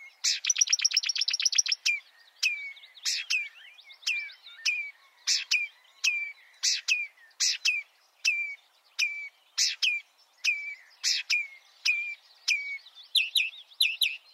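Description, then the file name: Marsh warbler song opening with a fast buzzy rattle, then sharp down-slurred whistled notes repeated steadily, mixed with brief high ticks. "suara-kicauan-burung-marsh-warbler -omkicau"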